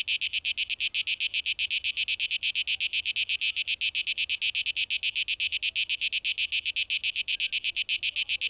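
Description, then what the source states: Cicada producing a high, sizzling buzz chopped into rapid pulses, constant throughout. Recorded 12 August 2023.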